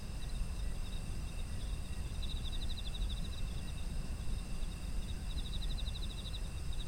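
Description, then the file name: Insects trilling: two rattling bursts of quick pulsed chirps a few seconds apart, set against steady shrill insect tones and a persistent low rumble. Ambient sound of autumn insects. "秋の虫の環境音"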